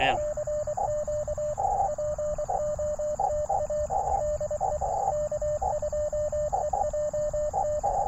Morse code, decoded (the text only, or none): CQ POTA DE K2EJT